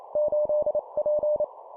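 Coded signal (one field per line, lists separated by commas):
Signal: Morse code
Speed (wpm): 28 wpm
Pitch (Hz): 600 Hz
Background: none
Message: 8P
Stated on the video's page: Morse code practice at 25 WPM, two-letter words and numbers.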